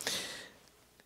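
Turning the ACME screw of a homemade quick-release workbench vise lets a magnet pull the two steel half nuts onto the thread, and they snap on with short clicks at 0.0 and 0.1 s. A bright metallic ring follows and fades over about half a second, with faint ticks near 0.7 and 1.0 s. The half nuts are engaged on the screw, showing the magnet did its job.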